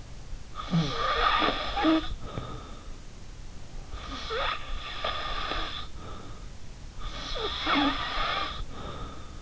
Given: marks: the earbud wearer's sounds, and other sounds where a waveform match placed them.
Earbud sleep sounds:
sounds in sleep by an in-ear microphone; snoring breath
0.49-2.96 s: snoring breath
3.85-6.60 s: snoring breath
6.91-9.42 s: snoring breath

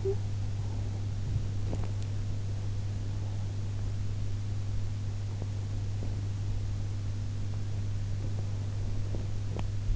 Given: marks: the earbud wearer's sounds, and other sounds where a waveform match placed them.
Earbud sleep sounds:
sounds in sleep by an in-ear microphone; talking in sleep, teeth grinding
0.00-0.23 s: talking in sleep
1.63-1.93 s: sound from someone else or the room
8.10-9.74 s: teeth grinding

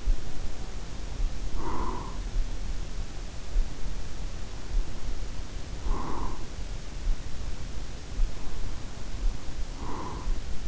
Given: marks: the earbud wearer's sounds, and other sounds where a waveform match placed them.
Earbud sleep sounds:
sounds in sleep by an in-ear microphone; breath
0.00-2.50 s: breath
4.19-7.02 s: breath
8.35-10.68 s: breath

